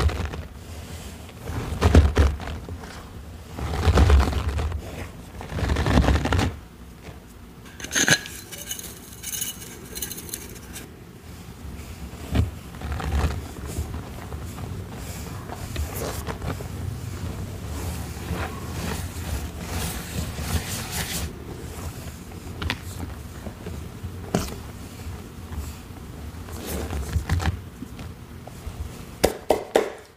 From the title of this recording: Dyed Chalk Cubes, Cornstarch Crunchies, Paste Mixing, Pouring into Molds